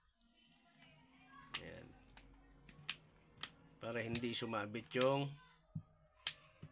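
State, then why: Seated. The phone's plastic cover or frame is pressed down onto the phone body after its screws are in, starting at the top so the side buttons do not catch. Someone talks between several light taps and clicks, and a sharp click at 6.3 s marks the cover snapping and locking into place.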